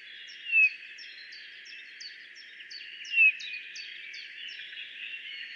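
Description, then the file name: Eurasian bullfinch giving two soft, short piping whistles that slide slightly downward, about two and a half seconds apart, over a steady run of faint high chirps from another bird. "Pyrrhula pyrrhula"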